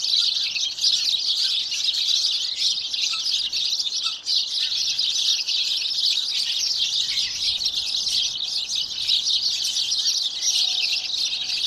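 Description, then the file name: House sparrows calling together, a dense unbroken wall of high chirps and chatter that holds steady for the whole stretch, with no other clear sounds. "Passer domesticus"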